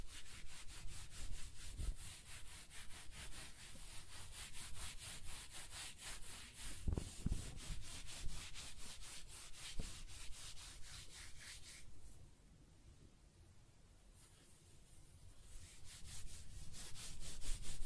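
Hair being brushed or scratched up close, a dense run of quick, regular rasping strokes with a bright, hissing edge. A few soft thumps land near 2, 7 and 10 seconds. The strokes fade to near quiet around 12 to 15 seconds, then build back up by the end.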